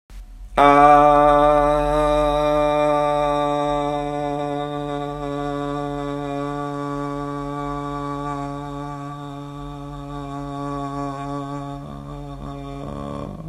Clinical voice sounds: sustained vowel /a/; male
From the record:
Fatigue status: no fatigue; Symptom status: asymptomatic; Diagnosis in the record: COVID-19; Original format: m4a

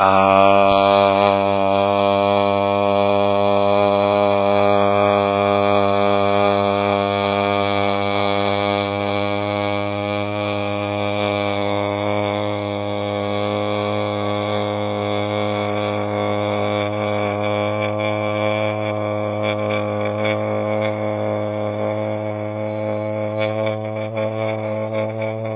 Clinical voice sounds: sustained vowel /a/; male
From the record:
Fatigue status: no fatigue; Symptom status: asymptomatic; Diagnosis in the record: COVID-19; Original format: 3gp

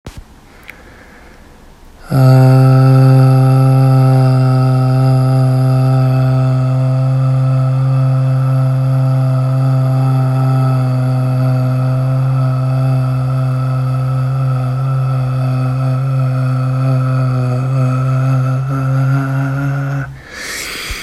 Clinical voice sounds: sustained vowel /a/; male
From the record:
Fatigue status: no fatigue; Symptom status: asymptomatic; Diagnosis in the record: COVID-19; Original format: m4a

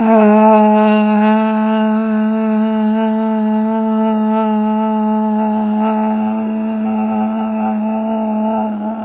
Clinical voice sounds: sustained vowel /a/; female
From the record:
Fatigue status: no fatigue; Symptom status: symptomatic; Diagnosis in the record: COVID-19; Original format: 3gp

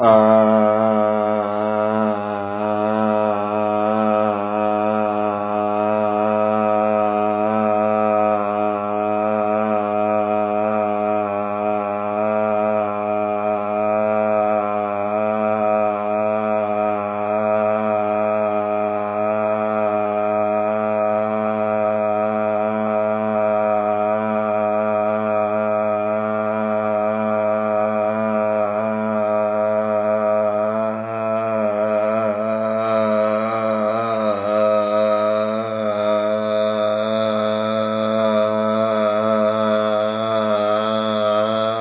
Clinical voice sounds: sustained vowel /a/; male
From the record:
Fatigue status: no fatigue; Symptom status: asymptomatic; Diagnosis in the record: COVID-19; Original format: 3gp

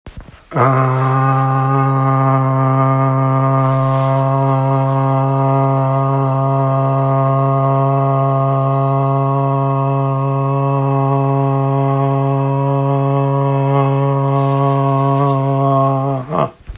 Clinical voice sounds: sustained vowel /a/; male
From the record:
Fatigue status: no fatigue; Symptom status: asymptomatic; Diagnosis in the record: COVID-19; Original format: m4a

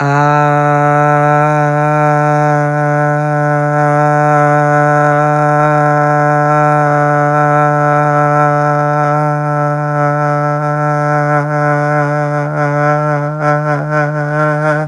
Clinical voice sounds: sustained vowel /a/; male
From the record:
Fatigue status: no fatigue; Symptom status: symptomatic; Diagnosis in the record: COVID-19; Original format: m4a

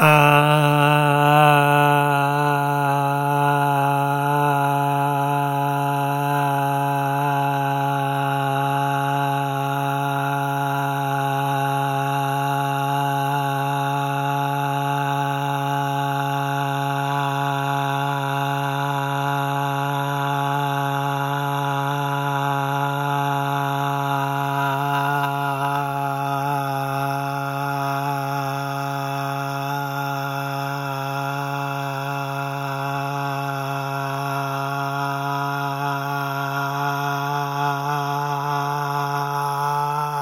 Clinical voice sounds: sustained vowel /a/; male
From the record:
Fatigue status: no fatigue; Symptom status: asymptomatic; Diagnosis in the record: COVID-19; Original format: m4a

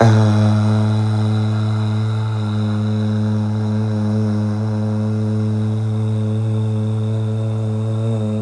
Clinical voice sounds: sustained vowel /a/; male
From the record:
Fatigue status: no fatigue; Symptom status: asymptomatic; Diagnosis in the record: COVID-19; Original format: m4a

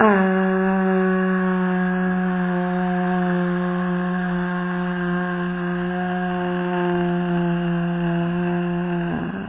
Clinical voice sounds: sustained vowel /a/; female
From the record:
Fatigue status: fatigue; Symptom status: symptomatic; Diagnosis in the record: COVID-19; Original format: 3gp

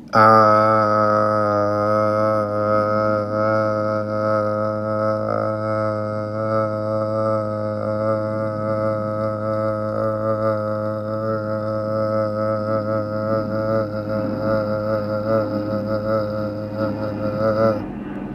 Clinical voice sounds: sustained vowel /a/; male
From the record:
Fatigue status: no fatigue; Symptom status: asymptomatic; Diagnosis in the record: COVID-19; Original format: m4a

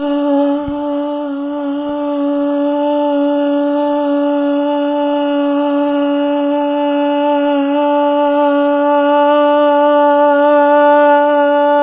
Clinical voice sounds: sustained vowel /a/; female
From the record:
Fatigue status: no fatigue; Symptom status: symptomatic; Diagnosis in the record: COVID-19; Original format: 3gp

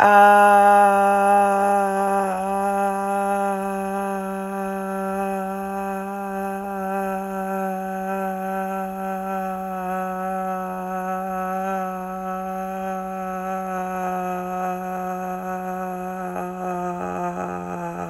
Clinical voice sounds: sustained vowel /a/; female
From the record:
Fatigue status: no fatigue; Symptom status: asymptomatic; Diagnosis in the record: COVID-19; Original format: m4a

